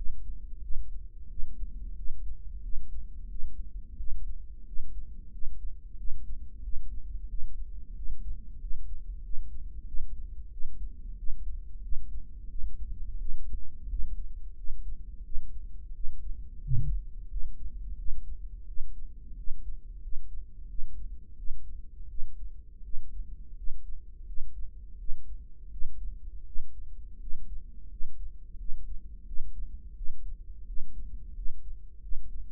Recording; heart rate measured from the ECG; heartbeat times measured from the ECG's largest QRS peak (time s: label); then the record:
heart sounds by microphone in the right ear; 88 bpm
0.64 s: heartbeat
1.31 s: heartbeat
1.98 s: heartbeat
2.64 s: heartbeat
3.31 s: heartbeat
3.99 s: heartbeat
4.68 s: heartbeat
5.34 s: heartbeat
5.99 s: heartbeat
6.64 s: heartbeat
7.30 s: heartbeat
7.97 s: heartbeat
8.62 s: heartbeat
9.25 s: heartbeat
9.88 s: heartbeat
10.53 s: heartbeat
11.19 s: heartbeat
11.84 s: heartbeat
12.50 s: heartbeat
13.20 s: heartbeat
13.91 s: heartbeat
14.58 s: heartbeat
15.25 s: heartbeat
15.95 s: heartbeat
16.64 s: heartbeat
17.31 s: heartbeat
17.99 s: heartbeat
18.68 s: heartbeat
19.38 s: heartbeat
20.03 s: heartbeat
20.70 s: heartbeat
21.38 s: heartbeat
22.10 s: heartbeat
22.85 s: heartbeat
23.58 s: heartbeat
24.28 s: heartbeat
25.00 s: heartbeat
25.72 s: heartbeat
26.47 s: heartbeat
27.21 s: heartbeat
27.91 s: heartbeat
28.60 s: heartbeat
29.27 s: heartbeat
29.97 s: heartbeat
30.68 s: heartbeat
31.37 s: heartbeat
32.03 s: heartbeat
From the record:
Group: healthy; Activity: rest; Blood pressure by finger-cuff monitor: 152/88 mmHg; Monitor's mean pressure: 109 mmHg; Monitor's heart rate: 89 bpm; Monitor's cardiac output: 7.5 L/min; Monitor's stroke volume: 86 mL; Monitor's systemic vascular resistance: 1080 dyn s/cm5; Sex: male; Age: 21 years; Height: 175 cm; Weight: 72.6 kg